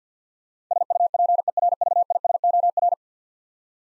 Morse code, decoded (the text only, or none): SUPERVISOR